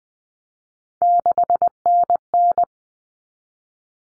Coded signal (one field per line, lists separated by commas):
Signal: Morse code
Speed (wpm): 20 wpm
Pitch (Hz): 700 Hz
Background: none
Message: 6NN